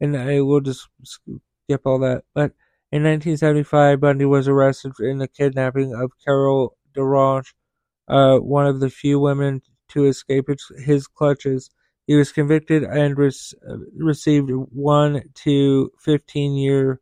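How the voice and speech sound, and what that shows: A man reads a script aloud at a fairly even pitch, with broken-up phrasing and frequent pauses. He stretches the 's' and breaks into 'skip', repeats the start of 'received', and pauses within 'one to fifteen': stuttering disfluencies in otherwise clear speech.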